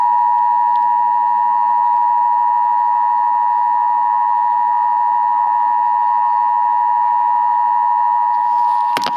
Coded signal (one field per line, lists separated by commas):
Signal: Emergency Alert System (SAME) tones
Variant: 853 and 960 Hz attention tone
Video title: EAS 32: RMT